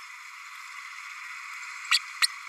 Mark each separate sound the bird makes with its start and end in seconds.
1.90-1.99, 2.21-2.27